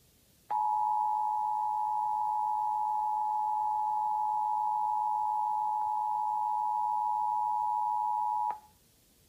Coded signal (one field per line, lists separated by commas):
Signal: Emergency Alert System (SAME) tones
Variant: 853 and 960 Hz attention tone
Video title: KDFW National Periodic Test (EAS #5).